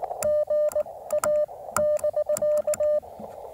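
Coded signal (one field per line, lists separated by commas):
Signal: Morse code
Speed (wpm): 19 wpm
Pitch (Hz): 600 Hz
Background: radio noise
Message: GA <BK>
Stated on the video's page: QRP CW park activation calling CQ from a 17-foot random wire with 9:1 unun on a 20-foot telescoping fiberglass mast.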